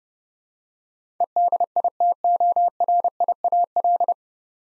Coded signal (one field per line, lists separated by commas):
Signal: Morse code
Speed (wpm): 30 wpm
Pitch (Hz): 700 Hz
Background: none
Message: EDITORIAL